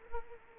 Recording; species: mosquito wingbeat signal from an infrared sensor; Culex quinquefasciatus